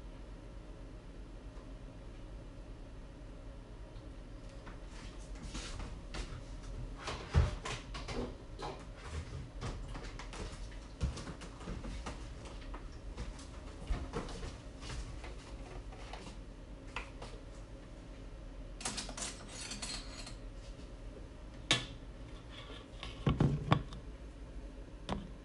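Kitchen sounds while making banana bread: scattered clicks, taps and clatters of utensils and bowls over a low steady hum. Handling is sparse for the first few seconds, then busier, with sharper knocks near 7, 22 and 23–24 seconds.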